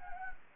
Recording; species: mosquito wingbeat signal from an infrared sensor; Anopheles gambiae